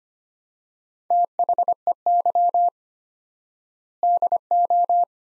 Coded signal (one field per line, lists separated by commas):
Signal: Morse code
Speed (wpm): 25 wpm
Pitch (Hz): 700 Hz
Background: none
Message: THEY DO